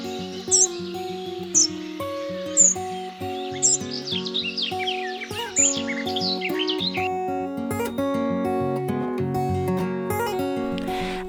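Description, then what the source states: Spotted Flycatcher calls, thin high-pitched notes repeated about once a second over the first few seconds, with loud instrumental music playing throughout and taking over later. High-pitched call; nests in woodland, mature gardens and farmland hedgerows; builds open cup-shaped nests on ledges around buildings, walled gardens and wall creepers; catches flying insects.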